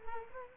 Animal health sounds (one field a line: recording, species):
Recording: mosquito wingbeat signal from an infrared sensor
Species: Culex quinquefasciatus